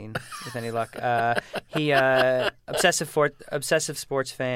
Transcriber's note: soundbite of laughter